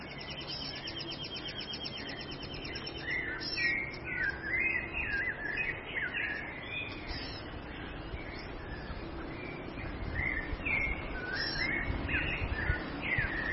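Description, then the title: Bird song: quick, twittering high notes and chirps tumbling in varied phrases throughout, over a steady low background rumble. "LuckyPassaro Completos2Sama"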